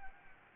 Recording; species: mosquito wingbeat signal from an infrared sensor; Anopheles gambiae